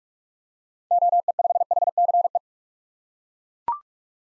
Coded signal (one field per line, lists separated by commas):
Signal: Morse code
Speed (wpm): 41 wpm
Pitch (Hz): 700 Hz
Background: none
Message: OE5HCE